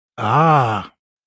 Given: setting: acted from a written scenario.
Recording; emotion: vocal sound without words; realization